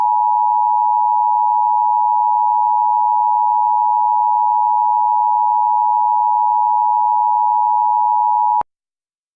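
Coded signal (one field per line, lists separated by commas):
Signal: Emergency Alert System (SAME) tones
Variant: 853 and 960 Hz attention tone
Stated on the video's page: Fictional alert scenario with text-to-speech messages.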